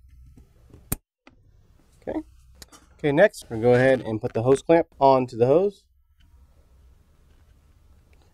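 Two sections of the breather/vent hose quick-connect fitting are pushed together during the install of a Flowmaster Delta Force Performance Air Intake System on a 2015–2017 Ford F-150. A sharp, loud click at 0.9 s marks the fitting seating, followed by a softer tick at 1.3 s. Someone then talks before the clip fades to low background noise.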